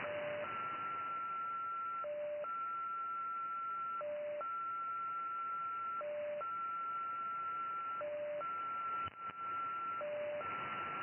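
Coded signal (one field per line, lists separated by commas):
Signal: numbers station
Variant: XPA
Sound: repeating two-tone cycle: long higher tone, short lower tone, about every two seconds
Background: radio static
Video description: XPA 873 1, 9. 1. 2014 19:20, 6791 kHz / MFSK 10 baud. Message for ID 873 and quite a long one. SVR Russian Foreign Intelligence Numbers Station.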